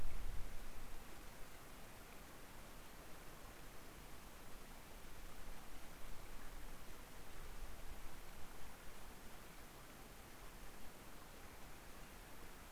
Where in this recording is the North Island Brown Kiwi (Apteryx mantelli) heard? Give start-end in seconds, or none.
none